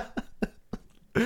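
Four short, dry coughs in quick succession from an adult, in a small quiet room.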